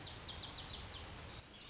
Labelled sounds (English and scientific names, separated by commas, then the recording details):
Lazuli Bunting (Passerina amoena)
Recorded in Sonoma County, California